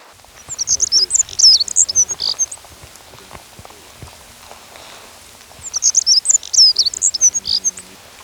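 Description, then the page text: Black-throated accentor song: two high, scratchy twittering phrases of about two seconds each, separated by a quiet pause of roughly three seconds. "Black-Throated Accentor Song. Quick Sounds"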